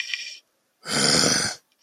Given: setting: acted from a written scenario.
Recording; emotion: vocal sound without words; anger